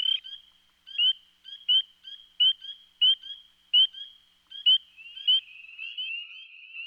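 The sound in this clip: Spring peeper calling with clear high whistled peeps, each sharply upslurred, repeated roughly every three-quarters of a second, overlapping softer peeps toward the end.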